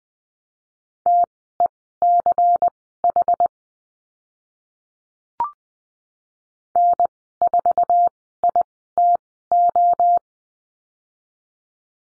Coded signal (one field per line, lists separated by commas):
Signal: Morse code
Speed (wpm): 19 wpm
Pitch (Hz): 700 Hz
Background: none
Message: TECH N4ITO